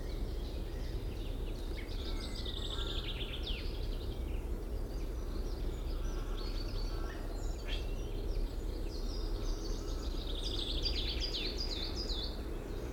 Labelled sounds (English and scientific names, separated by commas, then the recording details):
Coal Tit (Periparus ater) song
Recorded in the wild
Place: Glowe, Insel Rügen, Mecklenburg-Vorpommern, DE
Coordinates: 54.569, 13.471
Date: 1974-04-21
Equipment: Nagra III BH, Sennheiser MD 21, parabola
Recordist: Schubert, Michael